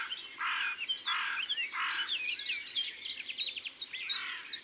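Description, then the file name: Carrion crow calls: three harsh, rasping caws, with a later one, over a busy chorus of twittering songbirds. "Corneille noire ABC des chants doiseaux"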